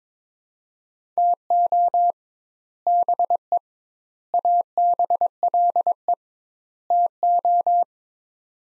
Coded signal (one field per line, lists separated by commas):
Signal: Morse code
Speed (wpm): 22 wpm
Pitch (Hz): 700 Hz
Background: none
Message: TO BE ABLE TO